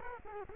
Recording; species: mosquito wingbeat signal from an infrared sensor; Culex quinquefasciatus